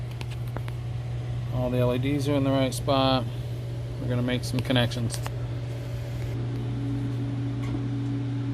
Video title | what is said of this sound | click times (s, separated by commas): Altitude Encoder DIY Assembly Instructions | hold down to you on the back we get once it goes past it'll snap in place | 0.2 s